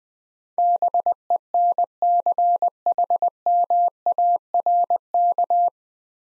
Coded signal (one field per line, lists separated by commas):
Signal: Morse code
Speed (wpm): 20 wpm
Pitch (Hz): 700 Hz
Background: none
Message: BENCHMARK